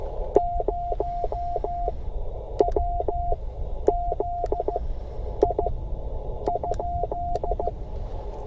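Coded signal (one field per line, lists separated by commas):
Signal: Morse code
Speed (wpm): 14 wpm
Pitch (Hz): 700 Hz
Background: radio noise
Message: 0WZI ?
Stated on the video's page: Portable CW during a park activation with a Bamatech key adjusted too tight, causing key failure; slow DX contact in adverse conditions.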